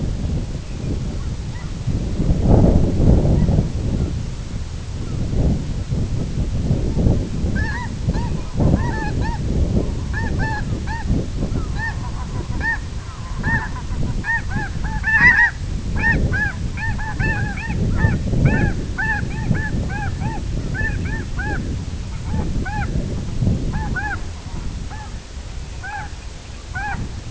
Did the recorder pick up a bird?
yes